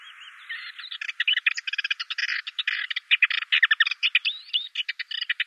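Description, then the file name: Ménétries's warbler delivering a fast, continuous scratchy warble of rattling notes and short chatters that runs for several seconds. "Menetries Warbler"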